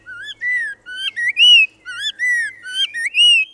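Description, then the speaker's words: Spot-breasted Oriole song: sweet, clear whistled phrases of rising and falling slurred notes. Found in suburban neighborhoods around southeast Florida; introduced to Florida from Central America in the 1940s; sweet voice; winter. "A sweeter voice belongs to the spot-breasted oriole, found in suburban neighborhoods around southeast Florida."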